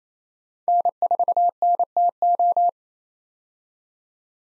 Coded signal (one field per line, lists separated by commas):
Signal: Morse code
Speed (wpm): 28 wpm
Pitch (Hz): 700 Hz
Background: none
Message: N4NTO